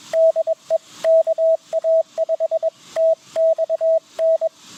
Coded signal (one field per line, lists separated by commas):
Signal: Morse code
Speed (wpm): 22 wpm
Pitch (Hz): 650 Hz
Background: radio noise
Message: DE KA5TXN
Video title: CW POTA Activation with G90 and EFHW Wire | US-6553